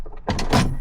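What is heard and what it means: A drawer in a van build cabinet is pushed shut with a sharp knock at 0.3 s, followed by a short rattling burst. The drawer latches and locks in place.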